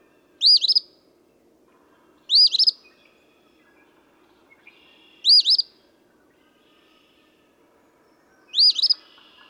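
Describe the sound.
Eastern phoebe singing four harsh, raspy fee-bee phrases at uneven intervals over a quiet background.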